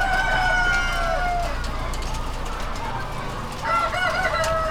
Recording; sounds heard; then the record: poultry house recording; healthy chickens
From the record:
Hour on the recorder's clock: 21